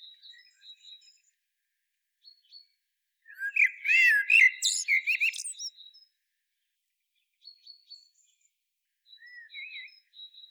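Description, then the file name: Common blackbird song phrase, a rich warble sliding into squeaky high twitters, framed by sparse faint chirps before and after. "Turdus merula"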